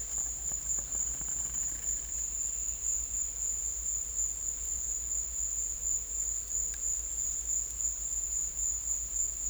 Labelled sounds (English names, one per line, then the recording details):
none
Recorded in secondary vegetation near Puerto Asís, Putumayo, Colombia, on 20 December 2024 at 14:00
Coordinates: 0.488, -76.319
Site GP04